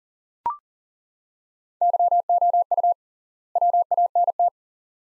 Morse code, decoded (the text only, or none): YOU WANT